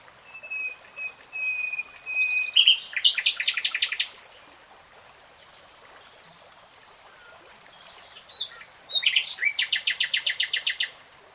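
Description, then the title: Nightingale song: a few long, pure whistled notes lead into a fast, rattling run of repeated notes, then a pause and another rapid repeated phrase. Nightingale singing, recorded in real time. "[Tiếng chim hót] Nightingale Singing"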